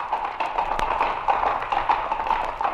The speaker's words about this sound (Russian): в погоню за цыпленком был послан кавалерийский полк. Полк галоп. Цок, цок, цок, поднимая тучи пыли.